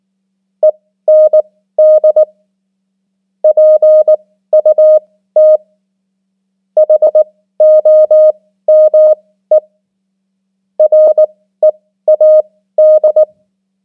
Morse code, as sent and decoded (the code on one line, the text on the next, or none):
. -. -.. / .--. ..- - / .... --- -- . / .-. . .- -..
END PUT HOME READ